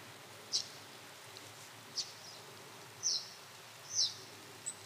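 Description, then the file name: Common blackbird giving several short, thin, high calls at irregular intervals over a steady faint background hiss. "Turdus merula"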